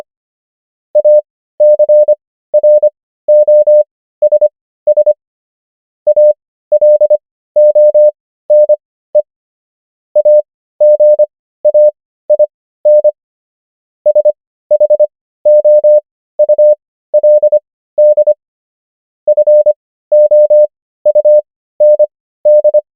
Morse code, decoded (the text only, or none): ACROSS ALONE AGAIN SHOULD FOUND